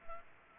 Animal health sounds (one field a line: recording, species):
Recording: mosquito wingbeat signal from an infrared sensor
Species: Anopheles gambiae